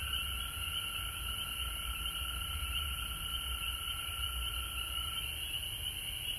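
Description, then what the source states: Frogs in a dense calling chorus, steady overlapping trills and high buzzing tones holding unbroken throughout, with a low rumble beneath. Frogs recorded at home in Georgia on March 19, 2020.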